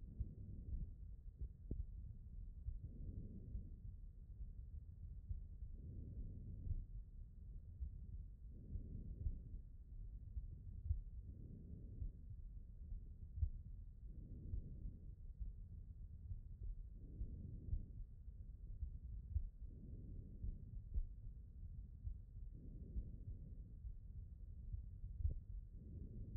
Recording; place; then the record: heart sounds by stethoscope; aortic valve (AV)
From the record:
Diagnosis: non-HFrEF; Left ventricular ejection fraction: 49%